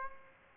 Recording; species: mosquito wingbeat signal from an infrared sensor; Aedes aegypti